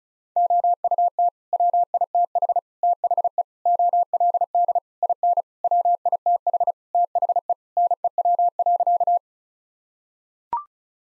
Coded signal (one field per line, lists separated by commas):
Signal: Morse code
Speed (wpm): 36 wpm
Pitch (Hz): 700 Hz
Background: none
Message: OUT WITH THE OLD IN WITH THE NEW.